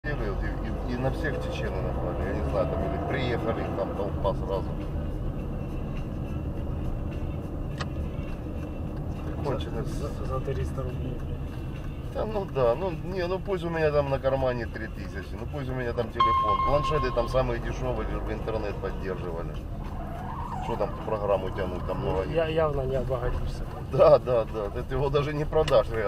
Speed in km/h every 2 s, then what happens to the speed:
17, 23, 32, 35, 32, 24, 15, 15, 15, 15, 13, 15, 15.
0-6 speeds up to 35. 6-12 slows to 15. 12-26 steady at about 15.